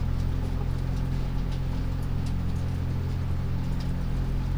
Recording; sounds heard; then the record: poultry house recording; healthy chickens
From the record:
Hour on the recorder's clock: 2